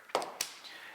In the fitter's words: the magnet pretty much sucks it in and that latch automatically clicks in place